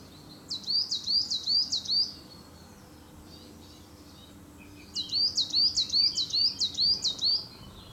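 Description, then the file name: Coal tit singing two bright, high phrases of quickly repeated two-note units, the first about one and a half seconds and the second about two and a half, with a pause between, over faint low background hum. "canto verso cincia mora parus ater coal tit tannenmeise carbonero garrapios"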